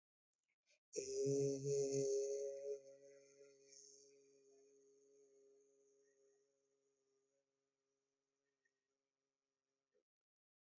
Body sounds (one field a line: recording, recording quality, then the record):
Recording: sustained vowel as in made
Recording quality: excellent, no background noise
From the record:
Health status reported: healthy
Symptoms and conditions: none ticked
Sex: male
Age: 30 years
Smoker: not ticked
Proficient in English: yes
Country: India